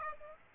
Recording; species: mosquito wingbeat signal from an infrared sensor; Aedes aegypti